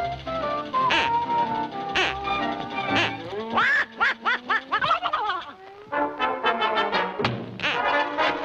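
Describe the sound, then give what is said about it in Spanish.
A duck decoy call quacks in a loud, steady series of nasal, buzzy blasts, some drawn out and some clipped short, with no talking over it. “Un señuelo de pato.”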